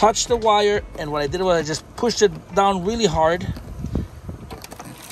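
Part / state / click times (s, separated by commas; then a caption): tailgate latch release cable in SUV rear tailgate / released / 4.6 s. Someone talks while pressing the tailgate latch release cable (wire) inside the rear tailgate of a Land Rover LR3/LR4 Discovery SUV down hard by hand, which pulls both sides of the latch mechanism. After the talking, a series of short mechanical clicks and knocks is heard, with the latch clicking open at 4.6 s. This unlocks the upper tailgate, and the door opens by itself.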